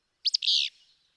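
Willow flycatcher song: a single sneezy phrase with two quick sharp notes followed by a burry, buzzy ending.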